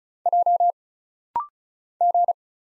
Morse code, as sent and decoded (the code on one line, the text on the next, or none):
.--- / --.
J G